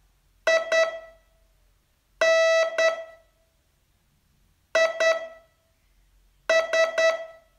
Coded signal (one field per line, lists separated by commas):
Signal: Morse code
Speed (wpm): 10 wpm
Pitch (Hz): 650 Hz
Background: none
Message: IN IS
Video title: Learn Morse in 42 Days from VU2LAU - day 36 test